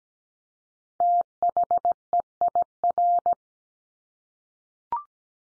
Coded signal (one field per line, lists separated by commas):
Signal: Morse code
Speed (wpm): 17 wpm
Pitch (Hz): 700 Hz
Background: none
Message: THEIR